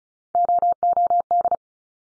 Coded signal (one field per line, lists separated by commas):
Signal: Morse code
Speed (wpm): 36 wpm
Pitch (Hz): 700 Hz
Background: none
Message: OOD